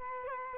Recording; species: mosquito wingbeat signal from an infrared sensor; Culex quinquefasciatus